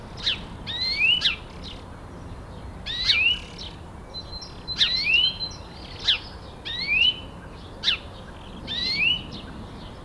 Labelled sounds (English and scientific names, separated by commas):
European Greenfinch (Chloris chloris) call